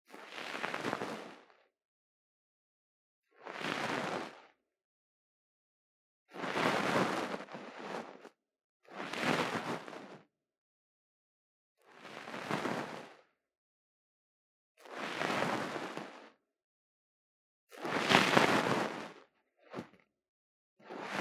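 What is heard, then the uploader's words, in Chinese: Ear cleaning with fluffy pom-pom triggers: soft, full rustling swipes about every two and a half seconds, with silence between, then two quick brushes near the end. 貫穿腦門的絨毛毛球觸發 | Lo-fi | Brain Penetrating Ear Cleaning | NO Talking。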